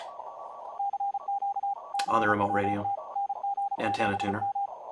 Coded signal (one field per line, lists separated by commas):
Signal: Morse code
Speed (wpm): 33 wpm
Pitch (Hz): 810 Hz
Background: speech, radio noise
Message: CQ CWT NG7M